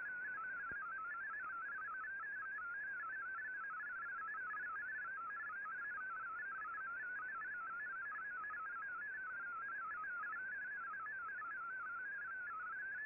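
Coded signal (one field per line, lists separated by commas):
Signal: multi-tone FSK (Olivia or MFSK type)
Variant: MFSK32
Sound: continuous fast warbling tone stepping among many close pitches, like a rapid burbling melody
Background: radio static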